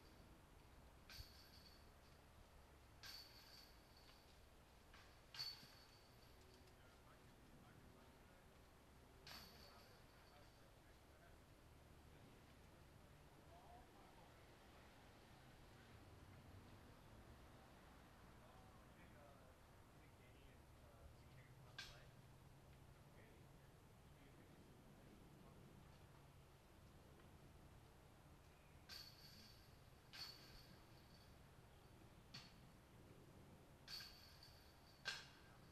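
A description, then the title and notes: Cars move through a parking lot under a steady low rumble of idling and passing engines, swelling slightly around the middle. Sharp clunks like doors shutting or wheels over bumps come in clusters near the start and again toward the end. Faint voices sit in the background. Standing in Nevin Park. Cars pulling in and out of the parking lot.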